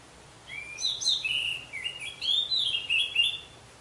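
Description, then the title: Orange-headed thrush singing a rich warbled phrase of sliding whistles and twittering notes, lasting roughly three seconds against quiet background hiss. "Anis Merah"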